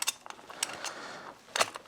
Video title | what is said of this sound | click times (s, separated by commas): ⚙️CENTER DIFF AND WIDEMAXX KIT FOR TRAXXAS MINI MAXX | There we go. There we go, it's locked into place and we are good to go. | 1.6 s